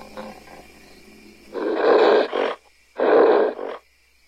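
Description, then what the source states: Ape giving two harsh, rough growling roars, each lasting about a second, separated by a short pause. Several apes, angry, screaming and growling at length.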